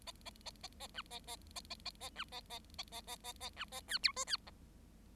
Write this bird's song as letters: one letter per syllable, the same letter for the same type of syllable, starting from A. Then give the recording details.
A A A A A B A A A A A A B A A A A A A A B A C D E C F. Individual Bird7